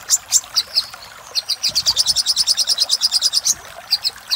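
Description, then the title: Little spiderhunter singing a rapid string of piercing high notes after a few scattered opening chips. Master recording used for training cage birds. "Masteran Burung Sogok Ontong Labaik"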